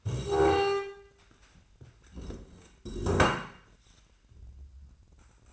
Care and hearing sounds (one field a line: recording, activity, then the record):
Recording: daily activity, microphone in the room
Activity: stand up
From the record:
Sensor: 2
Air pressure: 1012.1 hPa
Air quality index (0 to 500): 170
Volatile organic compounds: 2 ppm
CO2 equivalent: 1239 ppm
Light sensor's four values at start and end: 45/116/50/56 and 65/155/70/88